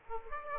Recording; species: mosquito wingbeat signal from an infrared sensor; Aedes aegypti